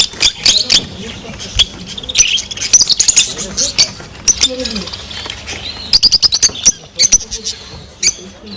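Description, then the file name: Fischer's lovebird chirping, sharp high tweets and clicks in quick irregular bursts, with a few lower squeaky notes mixed in. Beautiful singing and chirping. "nerazlucniki fisera potryasayushhei krasoty krasivoe penie i cirikane nerazlucnikov fisera"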